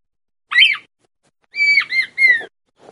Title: Perdiz Cantando. Perdiz Macho Cantando Para A Fêmea